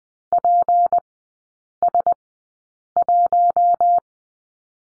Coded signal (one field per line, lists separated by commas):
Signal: Morse code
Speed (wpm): 20 wpm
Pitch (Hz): 700 Hz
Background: none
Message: PS1